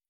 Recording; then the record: hydrophone in a shrimp aquaculture tank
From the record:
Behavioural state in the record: feeding